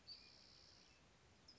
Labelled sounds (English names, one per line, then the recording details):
Spotted Towhee
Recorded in Sonoma County, California